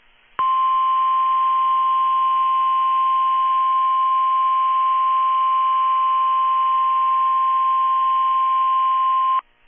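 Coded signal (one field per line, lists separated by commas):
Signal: Emergency Alert System (SAME) tones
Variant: 1050 Hz attention tone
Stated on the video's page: NOAA Weather Radio required weekly tests and Nevada required monthly tests.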